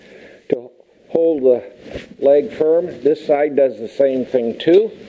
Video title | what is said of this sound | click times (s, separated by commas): 77 Harbor Freight Franklin Workstation | just kind of snaps into place it locks behind to hold | 0.5 s